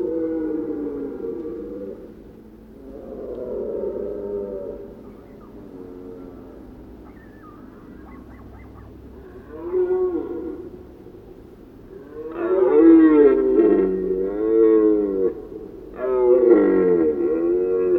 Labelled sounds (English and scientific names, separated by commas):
Red Deer (Cervus elaphus) call